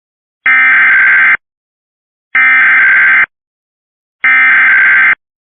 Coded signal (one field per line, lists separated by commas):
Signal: Emergency Alert System (SAME) tones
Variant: header bursts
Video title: Hawaii EAS